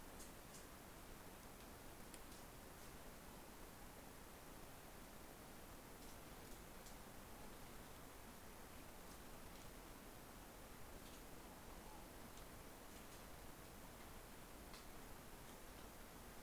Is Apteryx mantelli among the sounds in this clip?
no